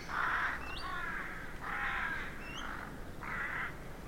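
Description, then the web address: Rooks giving loud rasping caws in several bursts, with faint thin higher notes between them. Rookery in a derelict abbey; traffic-free background. "Hollywood Edge Historical Series. Rookery In Derelict Abbey"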